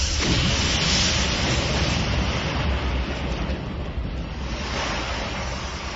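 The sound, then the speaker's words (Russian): A steady, loud roar of sea waves from the Wash surging into the collapsed mouth of the River Nene in southern Lincolnshire, England, after an explosion; a dense hiss of churning surf over a low rumble, with a gusty, wind-like edge and no voices. “Устье реки Нэн провалилось, и туда хлынуло море из бухты Уэш.”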